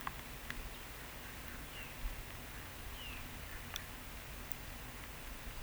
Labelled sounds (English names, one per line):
none